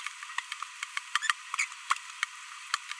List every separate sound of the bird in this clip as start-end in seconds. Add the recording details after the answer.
1.23-1.32, 1.59-1.65. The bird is a female. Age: 22 days. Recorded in a nest box in Venezuela. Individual 17B42B1